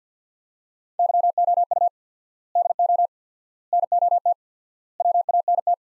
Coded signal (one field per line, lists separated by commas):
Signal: Morse code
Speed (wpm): 45 wpm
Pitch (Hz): 700 Hz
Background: none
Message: YOU DO NOT WANT